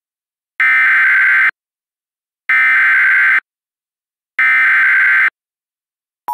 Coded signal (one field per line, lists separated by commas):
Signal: Emergency Alert System (SAME) tones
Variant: header bursts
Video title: EAS Reenactment Mock: Double the unexpected severity - 07/05/2021